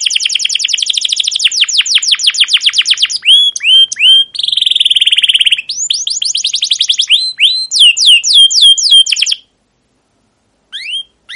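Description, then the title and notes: Canary song, rapid chattering trills followed by a smooth buzzy roll, then more rapid chirp runs, ending in silence with a couple of final notes. Captive canary song used as a training lure for young canaries learning sounds; long continuous chirping style called cuit cuit ngerol. "CUIT CUIT NGEROL LANGSUNG GACOR PANJANG Kenari Ini AMPUH Utk Pancingan KENAR. PANCINGAN Kenari GACOR PANJANG Cuit CUIT EMOSI ini AMPUH utk MASTERAN Kenari PAUD belajar BUNYI. burung kenari"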